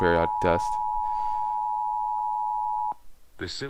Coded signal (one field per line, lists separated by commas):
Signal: Emergency Alert System (SAME) tones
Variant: 853 and 960 Hz attention tone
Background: speech